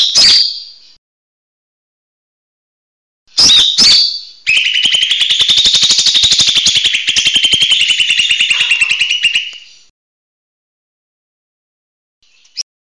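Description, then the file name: Leafbird song: brief sharp notes, then a long, loud, rapidly pulsing buzzy trill lasting about five seconds before it stops. Song style called mini tembakan besetan, used for training songbirds. "cucak hijau mini tembakan besetan omkicau"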